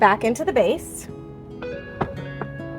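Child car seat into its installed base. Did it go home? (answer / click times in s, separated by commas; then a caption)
no / none. Someone talks over music as an Evenflo Revolve 360 infant car seat shell, lined up with the arrows, is handled and lowered toward its installed plastic base (installed using LATCH). A few short plastic knocks and bumps follow near the end. Nothing has seated or clicked yet, and the seat-lock indicator has not yet turned from red to green.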